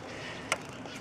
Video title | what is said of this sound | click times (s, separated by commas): Installing a New IMRC Bushing - Ford Duratec Engine | And there you go, you just heard it snap, | 0.5 s